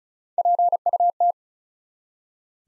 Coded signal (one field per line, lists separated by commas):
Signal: Morse code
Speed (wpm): 36 wpm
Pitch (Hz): 700 Hz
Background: none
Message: PUT